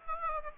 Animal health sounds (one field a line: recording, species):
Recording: mosquito wingbeat signal from an infrared sensor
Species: Aedes aegypti